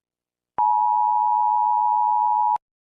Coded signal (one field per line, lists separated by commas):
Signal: Emergency Alert System (SAME) tones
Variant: 853 and 960 Hz attention tone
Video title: rating EAS alarms